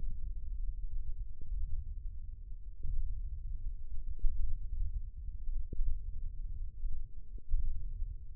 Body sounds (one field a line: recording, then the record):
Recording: forearm muscle sounds (acoustic myography)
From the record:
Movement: hand opening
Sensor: system 1, eight BSWA MPA416 microphones around the upper forearm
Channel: 2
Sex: male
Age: 20 years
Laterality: left